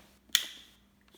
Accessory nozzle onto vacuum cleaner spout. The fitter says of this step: Taking it, you will hear a click.